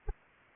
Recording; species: mosquito wingbeat signal from an infrared sensor; Anopheles arabiensis